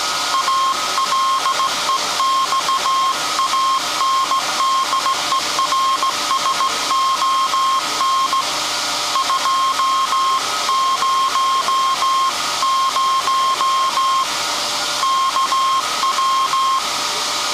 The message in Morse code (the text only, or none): ALEXANDERSON 200 KW